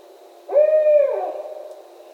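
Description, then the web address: Barred owl hoot: a single drawn-out hooting note, steady at first before sliding lower and trailing off into quiet. Recorded on 17 October 2011. "Barred Owl 2011 10 17"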